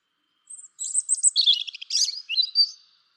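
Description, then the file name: European robin delivering one brief, high warbling phrase that opens with a thin note, runs through rapid twittering, and ends on a drawn-out whistle. "Erithacus rubecula"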